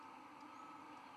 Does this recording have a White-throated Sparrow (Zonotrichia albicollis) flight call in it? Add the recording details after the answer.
no. No flight call is heard. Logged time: 11:33 on 11 November 2014